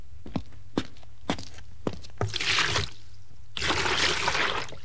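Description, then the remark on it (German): A few heavy footsteps thud, then a bucket of water is poured out in two loud, hissing, rushing splashes, each lasting under a second. “Weg ihn, in Eimer Wasser.”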